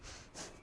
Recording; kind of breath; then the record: one breath in and out by a microphone near the nose and mouth; strong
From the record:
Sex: female